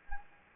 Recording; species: mosquito wingbeat signal from an infrared sensor; Anopheles gambiae